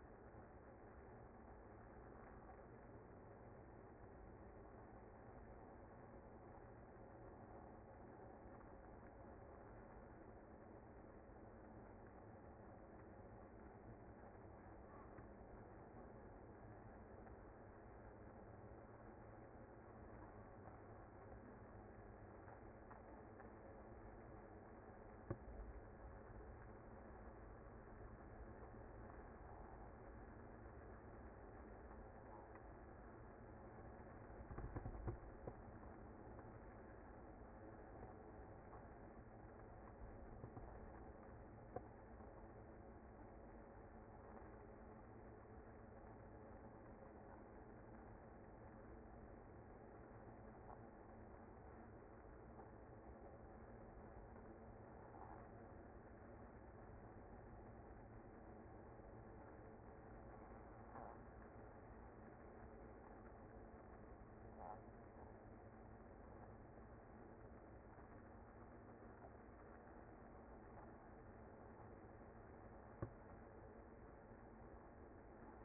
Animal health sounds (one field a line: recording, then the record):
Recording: honeybee colony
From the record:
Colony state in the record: active